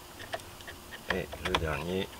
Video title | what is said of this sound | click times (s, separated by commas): Vidéo 127 épisode 04: Remontage d'un embrayage sur une 207. | J'appuie un peu jusqu'au clips. | 0.3 s